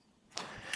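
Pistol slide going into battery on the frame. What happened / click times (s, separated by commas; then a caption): The metal slide snapped fully home / 0.4 s. The slide of a SIG Sauer P320 X5 Legion pistol, hung up short of battery, apparently because of its 12 lb spring, is pressed forward by hand on the frame after a quiet start. It fully seats into battery with a sharp click at 0.4 s, and a second, softer click follows at 0.7 s.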